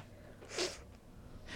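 A single sharp, hissing sneeze burst against quiet indoor room noise.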